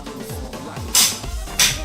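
A TONE T4MN140CH-QL preset torque wrench tightens the next car wheel nut clockwise, in a diagonal sequence, until it gives a single click at its setting at 1.6 s, with an earlier loud burst near 0.9 s and music in the background. The one click confirms the preset torque is reached, since clicking twice to confirm is a mistake.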